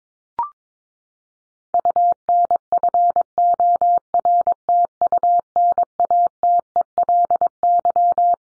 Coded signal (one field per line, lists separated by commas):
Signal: Morse code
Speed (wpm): 22 wpm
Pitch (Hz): 700 Hz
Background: none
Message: UNFORTUNATELY